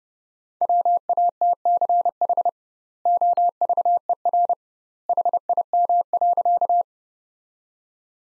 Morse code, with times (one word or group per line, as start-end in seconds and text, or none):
0.6-2.5 WATCH
3.1-4.5 OVER
5.1-6.8 HIM.